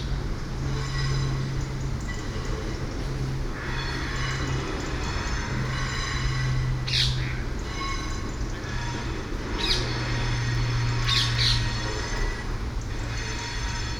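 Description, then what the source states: Parakeets giving harsh, screeching squawks, a few spaced bursts in the second half, over a steady low hum and a thin tonal whine. Parakeets over Hackney Marsh.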